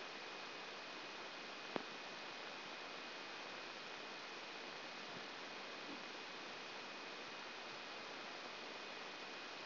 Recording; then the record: brain microelectrode recording played as sound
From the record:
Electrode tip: outside the subthalamic nucleus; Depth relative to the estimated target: 3 mm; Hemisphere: left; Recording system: AlphaMap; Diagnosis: Parkinson's disease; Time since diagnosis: 14 years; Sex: male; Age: 56 years